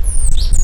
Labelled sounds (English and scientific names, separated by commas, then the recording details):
Stitchbird (Notiomystis cincta) song
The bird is a male
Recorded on Tiritiri Matangi Island, New Zealand, in 2005
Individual 2, of nest box 2